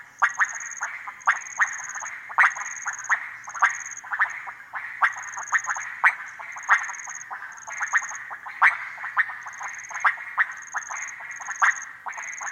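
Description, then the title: Many frogs give rapid, rattling clucks without pause, with frequent sharp louder peaks, beneath a high, pulsing insect trill in short bursts. Frogs gathered at small ponds and puddles in humid cloud forest, Harenna Forest; call day and night; overcast, hot, muggy afternoon; 23 September 2018; Sony PCM D100. "180923 Harenna Forest - Frogs At Pond"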